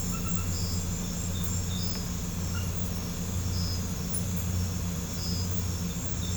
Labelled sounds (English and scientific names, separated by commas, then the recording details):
none
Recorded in pastures near Puerto Asís, Putumayo, Colombia, on 20 December 2024 at 21:00
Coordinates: 0.505, -76.324
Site G063